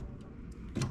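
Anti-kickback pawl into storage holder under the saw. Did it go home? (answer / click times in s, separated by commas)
yes / 0.8 s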